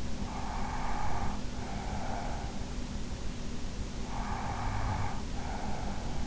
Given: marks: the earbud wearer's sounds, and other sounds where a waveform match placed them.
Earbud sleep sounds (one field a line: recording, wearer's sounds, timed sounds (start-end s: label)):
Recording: sounds in sleep by an in-ear microphone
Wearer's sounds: breath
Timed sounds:
0.18-2.64 s: breath
4.02-6.27 s: breath